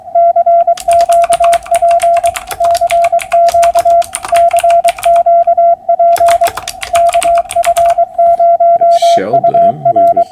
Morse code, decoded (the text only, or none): CQP CQ CQP KF0UR